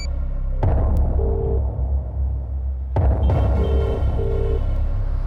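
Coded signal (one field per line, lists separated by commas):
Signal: telephone call progress tone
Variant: UK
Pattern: ringback tone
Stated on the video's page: From a Tamil-dubbed crime thriller film.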